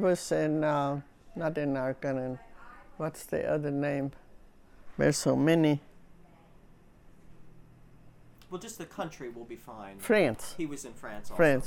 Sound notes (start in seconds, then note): none